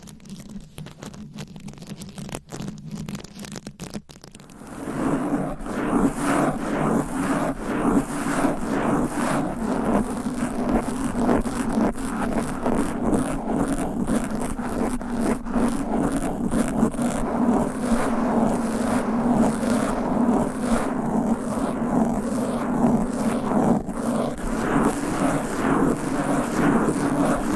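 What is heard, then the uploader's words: Fast, aggressive scratching across a microphone, quiet and sparse for the first five seconds, then dense, rasping strokes continuing steadily to the end. ASMR Fast & Aggressive Mic Scratching with 10 DIFFERENT MICS Covers & Nails No Talking.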